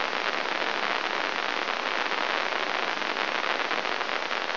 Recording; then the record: brain microelectrode recording played as sound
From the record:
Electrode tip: inside the subthalamic nucleus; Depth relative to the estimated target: 0 mm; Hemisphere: left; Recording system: AlphaMap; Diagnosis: Parkinson's disease